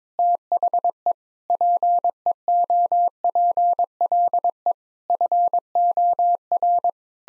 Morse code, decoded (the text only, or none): THE PEOPLE FOR